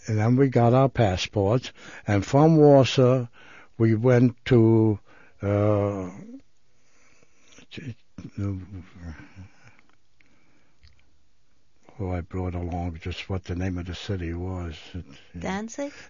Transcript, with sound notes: And then we got our passports. And from Warsaw we went to, uh... ( he pauses ) Oh, I brought along just what the name of the city was.
Danzig?